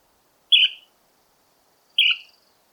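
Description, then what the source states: Western Tanager song phrases: two short, slightly hoarse burry notes about one and a half seconds apart, with no other sounds. Song with a rough or hoarse tone and unreliable rhythm; sounds similar to American Robin song.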